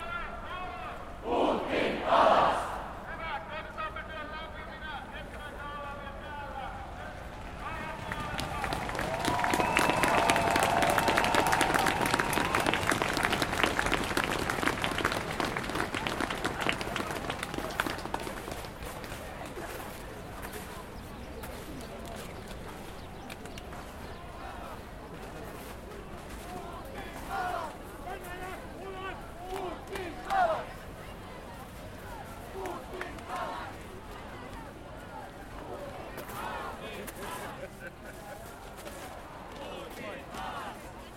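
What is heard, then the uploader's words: An outdoor protest crowd is heard, with a few loud voices at the start. From about eight to seventeen seconds a dense swell of chanting and music rises, then fades to a quieter murmur broken by occasional shouts and calls. Finnish protesters in the snow. "Stand with Ukraine' demonstration in Helsinki. Crowds gather at the Esplanadin puisto (park). The crowd is marching past the embassy building playing music and chanting.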